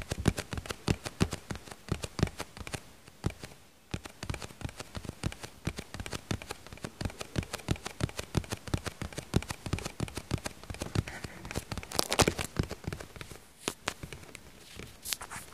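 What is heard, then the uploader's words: Fast, aggressive tapping on a hard surface, a dense run of sharp clicks that rarely lets up. The rhythm is quick and uneven, with brief gaps near four and thirteen and a half seconds and a brighter, scratchier flurry around twelve seconds. Tapping ASMR (aggressive).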